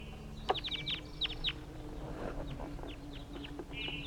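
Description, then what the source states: Crossbill flight calls: a burst of sharp, downward-slurred chip notes in quick series, then scattered fainter chips, over a steady low hum. Flock of three juvenile crossbills in flight near a net site.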